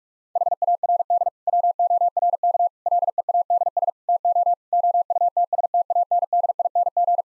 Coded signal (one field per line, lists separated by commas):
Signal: Morse code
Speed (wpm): 46 wpm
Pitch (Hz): 700 Hz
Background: none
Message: HARD WORK LEADS TO OUTSTANDING